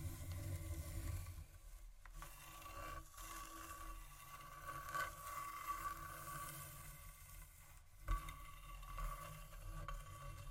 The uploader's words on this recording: ASMR Tap & Scratch On Table Surfaces （No Talking）.